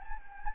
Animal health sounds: mosquito wingbeat signal from an infrared sensor; Anopheles gambiae

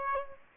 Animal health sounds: mosquito wingbeat signal from an infrared sensor; Aedes aegypti

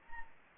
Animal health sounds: mosquito wingbeat signal from an infrared sensor; Anopheles arabiensis

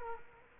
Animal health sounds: mosquito wingbeat signal from an infrared sensor; Culex quinquefasciatus

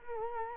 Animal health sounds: mosquito wingbeat signal from an infrared sensor; Culex quinquefasciatus

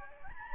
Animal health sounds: mosquito wingbeat signal from an infrared sensor; Aedes albopictus

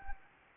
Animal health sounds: mosquito wingbeat signal from an infrared sensor; Anopheles gambiae

